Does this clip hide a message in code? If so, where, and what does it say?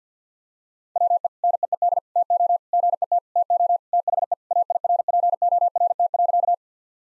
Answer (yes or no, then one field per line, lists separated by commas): yes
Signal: Morse code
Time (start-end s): 1.0-6.5 s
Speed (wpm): 50 wpm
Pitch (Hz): 700 Hz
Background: none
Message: WE NEED TO GET TO THE AIRPORT.